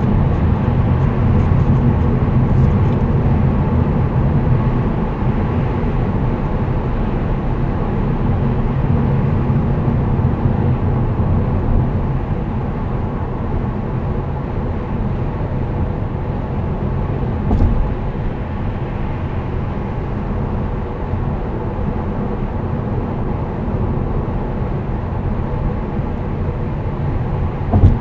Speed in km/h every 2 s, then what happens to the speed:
113, 113, 112, 110, 107, 106, 104, 101, 102, 103, 102, 103, 102, 104.
0-14 slows to 101. 14-28 steady at about 102.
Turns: none.